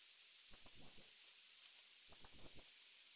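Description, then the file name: Eurasian blue tit calling thin, very high notes that slide downward in a quick series, given twice about one and a half seconds apart. "Cyanistes caeruleus"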